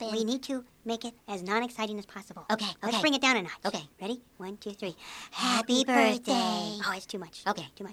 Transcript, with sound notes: We need to make it as non-exciting as possible. Let's bring it down a notch.
Okay. Okay. Okay.
Ready? 1, 2, 3...
(quietly) Happy birthday.
Ho, it's too much, too much.